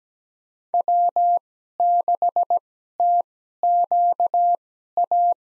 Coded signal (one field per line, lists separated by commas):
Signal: Morse code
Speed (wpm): 17 wpm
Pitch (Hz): 700 Hz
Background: none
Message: W6TQA